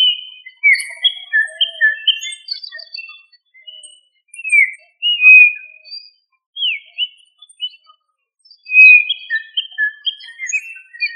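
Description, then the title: Quail whistled calls: busy bursts of high short whistles, some slurred downward, with a quiet gap midway before the calling picks up again. "Familia Tinamidae - Quail - Puyuh"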